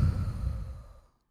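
A single deep, breathy sigh fading over about a second from a woman 28 weeks pregnant, in the third trimester; this is shortness of breath, as the baby crowds the lungs and diaphragm, making it harder to breathe.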